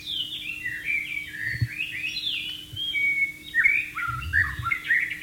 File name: suara burung murai batu di alam liar